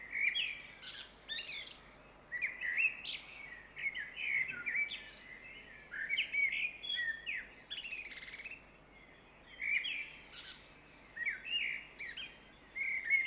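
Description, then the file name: Common blackbird song: a stream of fluty warbled phrases with higher twittering ends, separated by short pauses, steady low background hum. Recorded at 5 am in a suburb, 5 May 2013. "Blackbird 5 am Suburb 130505"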